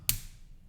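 A plastic LEGO leg piece is pushed onto a brown spider brick build and snaps firmly home with a loud, sharp click at 0.1 s. The bright, crisp snap fades quickly into quiet background, and the leg is seated.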